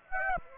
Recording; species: mosquito wingbeat signal from an infrared sensor; Aedes aegypti